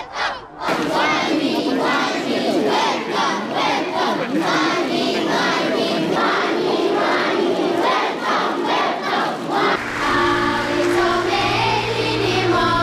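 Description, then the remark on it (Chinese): A crowd of students cheers and shouts together in Chinese and English, welcoming Xi Jinping and O'Neill into the multi-function hall of a school building, in loud, sustained bursts, voices blending into a dense roar before steadier tonal sounds take over near the end. “习近平和奥尼尔一同步入教学楼多功能厅，学生们用中英文欢呼欢迎。”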